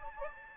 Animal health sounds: mosquito wingbeat signal from an infrared sensor; Anopheles gambiae

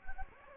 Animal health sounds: mosquito wingbeat signal from an infrared sensor; Anopheles gambiae

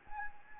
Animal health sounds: mosquito wingbeat signal from an infrared sensor; Anopheles gambiae

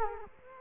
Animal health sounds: mosquito wingbeat signal from an infrared sensor; Culex quinquefasciatus

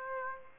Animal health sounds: mosquito wingbeat signal from an infrared sensor; Aedes aegypti

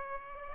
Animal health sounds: mosquito wingbeat signal from an infrared sensor; Aedes aegypti

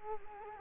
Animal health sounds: mosquito wingbeat signal from an infrared sensor; Culex quinquefasciatus

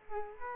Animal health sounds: mosquito wingbeat signal from an infrared sensor; Culex quinquefasciatus

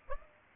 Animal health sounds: mosquito wingbeat signal from an infrared sensor; Aedes aegypti

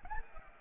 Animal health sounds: mosquito wingbeat signal from an infrared sensor; Anopheles arabiensis

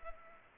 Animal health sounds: mosquito wingbeat signal from an infrared sensor; Culex pipiens

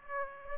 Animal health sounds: mosquito wingbeat signal from an infrared sensor; Aedes aegypti

